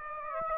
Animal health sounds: mosquito wingbeat signal from an infrared sensor; Aedes aegypti

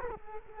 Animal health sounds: mosquito wingbeat signal from an infrared sensor; Culex quinquefasciatus

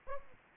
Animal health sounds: mosquito wingbeat signal from an infrared sensor; Aedes albopictus

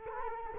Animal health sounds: mosquito wingbeat signal from an infrared sensor; Culex quinquefasciatus

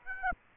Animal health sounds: mosquito wingbeat signal from an infrared sensor; Aedes aegypti

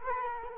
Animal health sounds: mosquito wingbeat signal from an infrared sensor; Culex quinquefasciatus

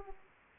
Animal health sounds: mosquito wingbeat signal from an infrared sensor; Aedes aegypti

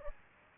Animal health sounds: mosquito wingbeat signal from an infrared sensor; Aedes aegypti

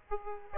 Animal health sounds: mosquito wingbeat signal from an infrared sensor; Aedes aegypti

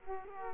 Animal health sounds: mosquito wingbeat signal from an infrared sensor; Culex quinquefasciatus

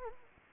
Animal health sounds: mosquito wingbeat signal from an infrared sensor; Anopheles arabiensis

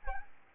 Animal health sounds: mosquito wingbeat signal from an infrared sensor; Aedes albopictus

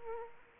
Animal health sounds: mosquito wingbeat signal from an infrared sensor; Aedes aegypti

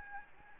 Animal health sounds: mosquito wingbeat signal from an infrared sensor; Aedes albopictus

